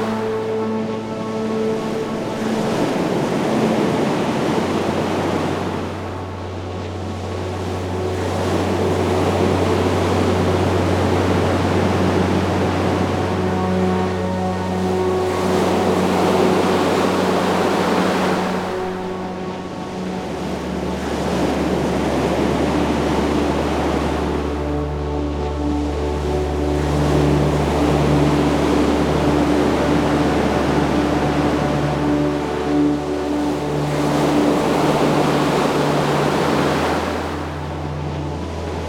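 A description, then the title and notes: Waves crash and wash in a slow, regular cycle, surging roughly every ten seconds and easing briefly between. The roar is dense and full, with a steady low hum and tonal drone running underneath throughout. Crashing Refreshing Waves.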